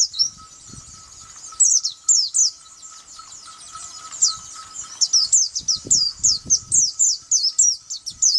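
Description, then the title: White-eye singing rapid high slurred notes, starting after a quiet moment and continuing steadily, with a faint steady hum and scattered low knocks. "Pleci"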